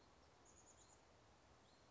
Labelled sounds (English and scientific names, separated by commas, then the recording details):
Chestnut-backed Chickadee (Poecile rufescens)
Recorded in Sonoma County, California